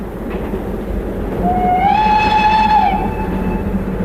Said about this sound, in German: Die Fahrt verlief glatt und friedlich. Es fiel mir nichts Verdächtiges auf. Der Zug kam auf die Minute pünktlich 10.15 Uhr am Westbahnhof an.